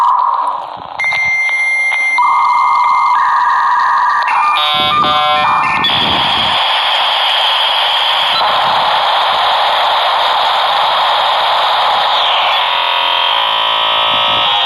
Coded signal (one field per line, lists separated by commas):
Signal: dial-up modem handshake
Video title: dial up sound effects (part 1)